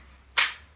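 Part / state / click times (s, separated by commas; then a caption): handgun into its polymer holster / seated / 0.4 s. A Canik TP9 SFx handgun is pushed into the polymer holster that comes with it, and a single sharp click is heard at 0.4 s over a low steady hum. The click carries mostly in the upper mid and high frequencies and fades over about a tenth of a second. The retention engages and the pistol is seated.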